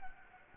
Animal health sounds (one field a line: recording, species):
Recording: mosquito wingbeat signal from an infrared sensor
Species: Anopheles gambiae